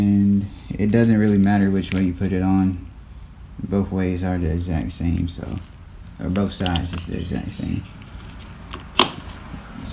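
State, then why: Seated. Someone talks while a CV joint component is pressed by hand onto the splines of a steel axle shaft. A sharp click at 9.0 s marks the component seating in place on the shaft.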